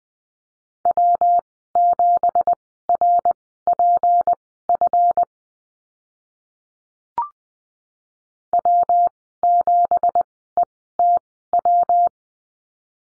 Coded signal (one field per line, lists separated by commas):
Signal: Morse code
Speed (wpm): 20 wpm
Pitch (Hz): 700 Hz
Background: none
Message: W7RPF W7ETW